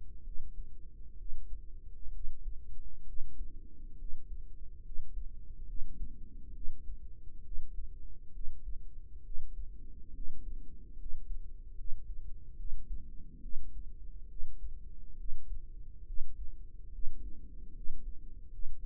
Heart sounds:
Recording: heart sounds by microphone in the right ear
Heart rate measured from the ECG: 69 bpm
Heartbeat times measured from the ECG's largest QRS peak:
0.22 s: heartbeat
1.15 s: heartbeat
2.10 s: heartbeat
3.03 s: heartbeat
3.95 s: heartbeat
4.81 s: heartbeat
5.64 s: heartbeat
6.51 s: heartbeat
7.41 s: heartbeat
8.30 s: heartbeat
9.21 s: heartbeat
10.11 s: heartbeat
10.95 s: heartbeat
11.74 s: heartbeat
12.54 s: heartbeat
13.39 s: heartbeat
14.26 s: heartbeat
15.15 s: heartbeat
16.03 s: heartbeat
16.89 s: heartbeat
17.71 s: heartbeat
18.48 s: heartbeat
From the record:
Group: healthy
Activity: rest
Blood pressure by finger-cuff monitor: 121/60 mmHg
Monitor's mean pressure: 77 mmHg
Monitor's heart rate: 68 bpm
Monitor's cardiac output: 6 L/min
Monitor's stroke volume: 87 mL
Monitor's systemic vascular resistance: 940 dyn s/cm5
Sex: female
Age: 32 years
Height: 168 cm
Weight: 61.9 kg

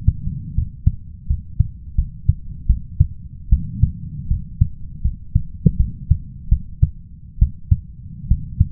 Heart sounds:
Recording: heart sounds by stethoscope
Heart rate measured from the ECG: 78 bpm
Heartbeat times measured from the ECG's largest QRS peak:
0.54 s: heartbeat
1.27 s: heartbeat
1.95 s: heartbeat
2.66 s: heartbeat
3.49 s: heartbeat
4.27 s: heartbeat
5.01 s: heartbeat
5.76 s: heartbeat
6.48 s: heartbeat
7.38 s: heartbeat
8.27 s: heartbeat
From the record:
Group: healthy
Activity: cold pressor test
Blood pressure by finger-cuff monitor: 116/76 mmHg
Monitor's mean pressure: 87 mmHg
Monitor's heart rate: 81 bpm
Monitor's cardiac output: 5.8 L/min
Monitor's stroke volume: 74 mL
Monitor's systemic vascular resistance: 1040 dyn s/cm5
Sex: male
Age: 21 years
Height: 170 cm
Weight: 71 kg

